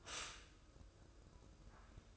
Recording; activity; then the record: daily activity, microphone in the room; stop toaster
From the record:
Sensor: 2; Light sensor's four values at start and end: 16/51/20/19 and 16/51/20/19